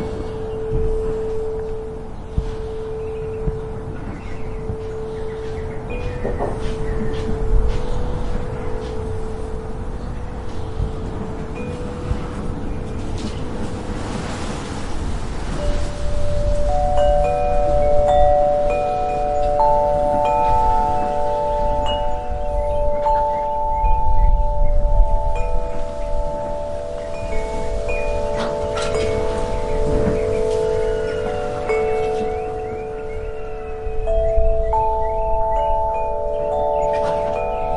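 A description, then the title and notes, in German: Wind chimes ring out over a low, steady rush of wind. A single held tone carries the first fifteen seconds, then more metal tubes join, their long overlapping notes ringing and layering through the rest, with light clinks and gusts swelling now and then. Tauche ein in die harmonischen Töne, die der Wind durch die feinen Schwingungen der Windspiele erzeugt. Zauberhaften Melodie der Metall- oder Holzröhren.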